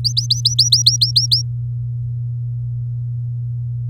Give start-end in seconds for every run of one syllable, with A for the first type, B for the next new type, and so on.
0.04-1.42 A